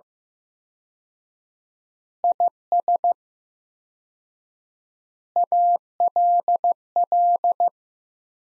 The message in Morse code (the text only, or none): IS ALL